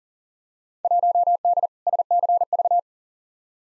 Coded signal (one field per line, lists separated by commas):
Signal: Morse code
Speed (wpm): 40 wpm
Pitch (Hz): 700 Hz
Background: none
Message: 1D SCV